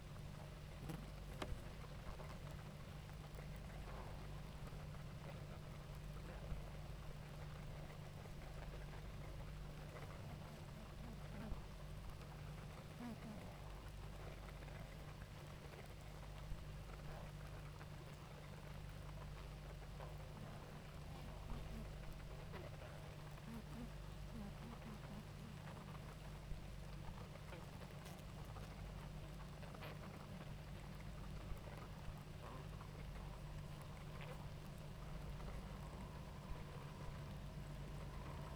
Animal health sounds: honeybee colony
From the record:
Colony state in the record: active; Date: 28 July 2017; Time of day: 18:56

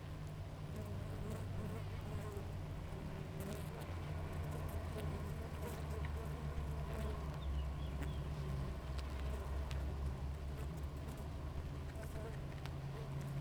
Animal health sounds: honeybee colony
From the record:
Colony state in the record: active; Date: 28 July 2017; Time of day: 6:27

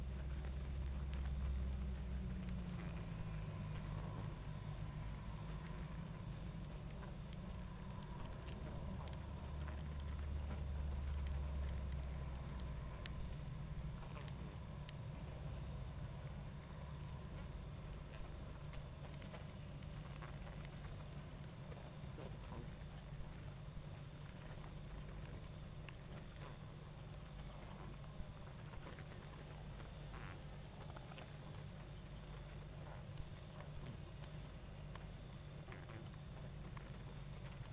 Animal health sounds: honeybee colony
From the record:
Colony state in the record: active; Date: 28 July 2017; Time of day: 21:10

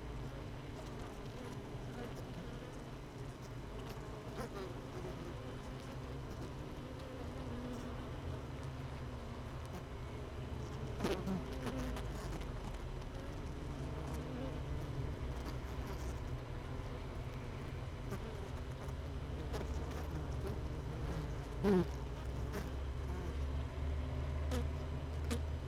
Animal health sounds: honeybee colony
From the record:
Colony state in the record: missing queen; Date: 31 May 2018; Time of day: 17:09

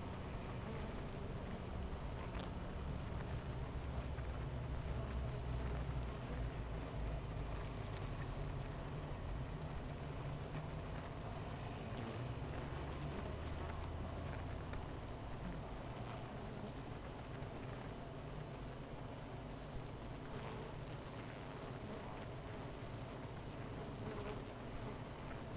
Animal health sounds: honeybee colony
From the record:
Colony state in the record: missing queen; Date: 14 July 2017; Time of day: 10:19

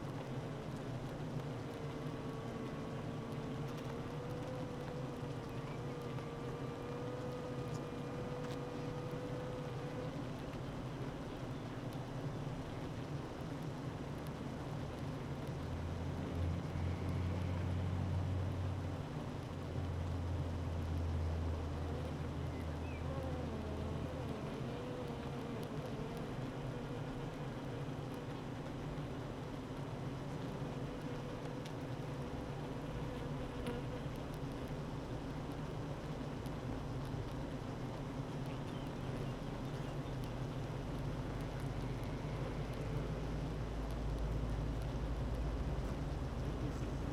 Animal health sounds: honeybee colony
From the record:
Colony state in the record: active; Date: 12 June 2018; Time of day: 9:01

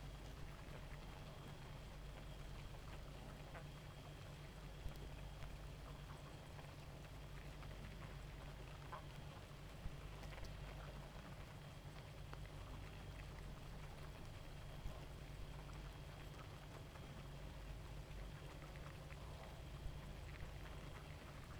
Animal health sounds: honeybee colony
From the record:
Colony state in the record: active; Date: 28 July 2017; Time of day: 0:44

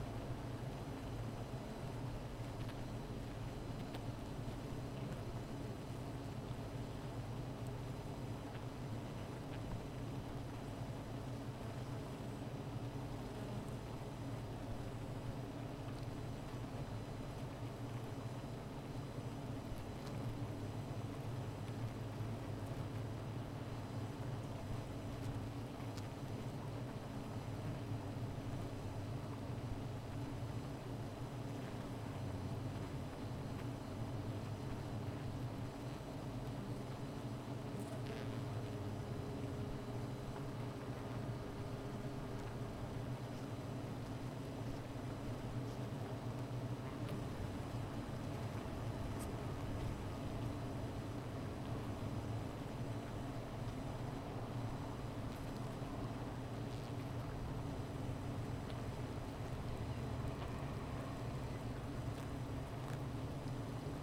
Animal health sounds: honeybee colony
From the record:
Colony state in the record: missing queen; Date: 14 July 2017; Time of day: 15:40

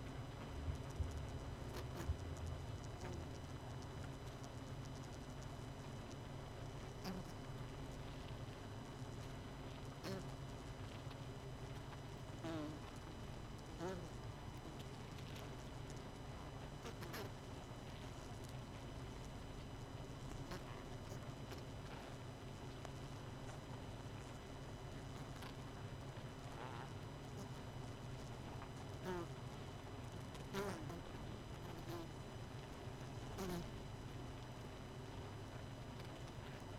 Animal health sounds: honeybee colony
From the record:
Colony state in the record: missing queen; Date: 31 May 2018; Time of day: 20:24

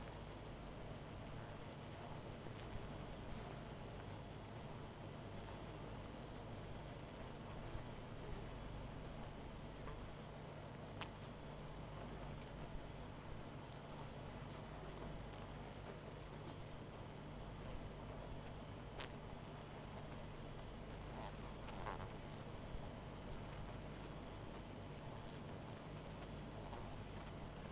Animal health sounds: honeybee colony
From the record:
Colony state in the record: missing queen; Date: 14 July 2017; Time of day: 21:00

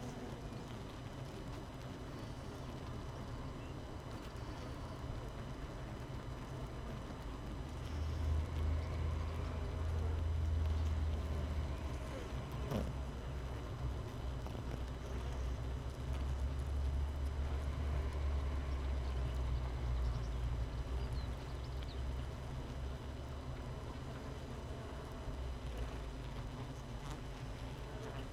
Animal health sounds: honeybee colony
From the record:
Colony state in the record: missing queen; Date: 31 May 2018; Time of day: 7:02

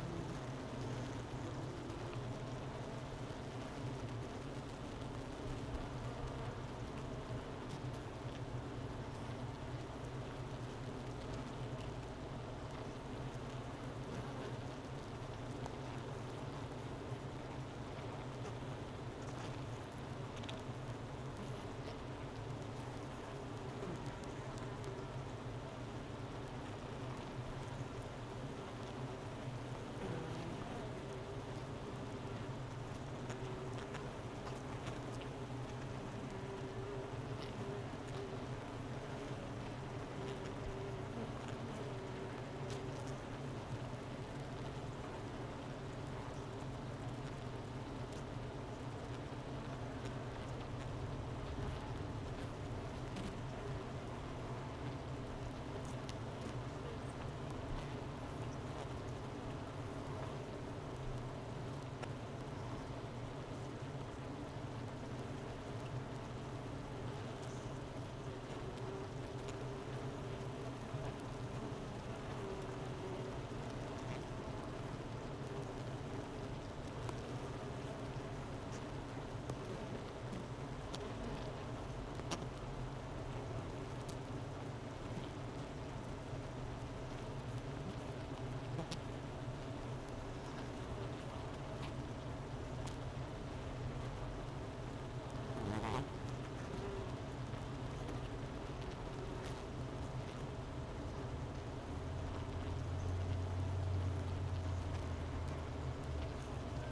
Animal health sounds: honeybee colony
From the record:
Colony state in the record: missing queen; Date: 31 May 2018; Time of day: 11:32

